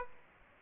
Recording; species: mosquito wingbeat signal from an infrared sensor; Aedes aegypti